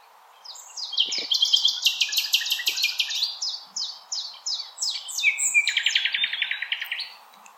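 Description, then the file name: Common nightingale singing a dense rapid trill that flows into evenly spaced sharp notes and ends in a lower buzzing rattle. Recorded on 16 April 2021. "Nightingale-210416"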